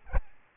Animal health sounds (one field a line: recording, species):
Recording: mosquito wingbeat signal from an infrared sensor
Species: Aedes albopictus